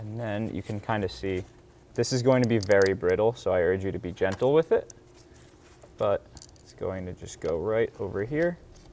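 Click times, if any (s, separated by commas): none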